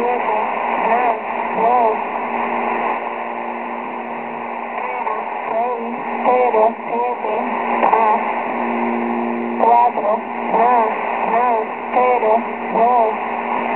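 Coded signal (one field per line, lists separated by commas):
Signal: numbers station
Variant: V2a, Spanish female voice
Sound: short spoken words, spaced apart, over noisy shortwave radio with a steady hum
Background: radio static and hum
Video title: V2a Numbers station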